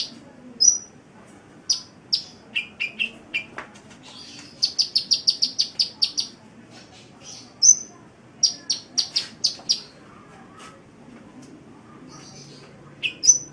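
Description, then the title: Oriental magpie-robin singing scattered high chirps and short whistles, with a fast rattling series of clipped notes midway and uneven pauses between phrases. "Kicau Kacer"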